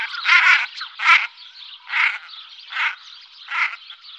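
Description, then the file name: Common shelduck quacking: five loud, nasal, rasping calls spaced under a second apart, with fainter calling between them. "Gravand"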